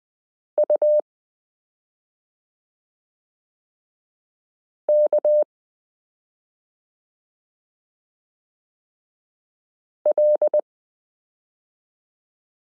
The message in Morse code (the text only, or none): UK L